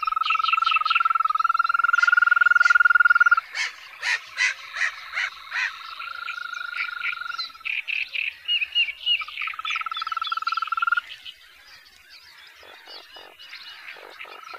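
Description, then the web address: European green toad giving a loud, sustained melodic trill lasting several seconds, broken by a stretch of shorter pulsed calls, then the long trill resumes before stopping, followed by faint pulsed calls. "Tajemnice puszczy Ropucvha zielona"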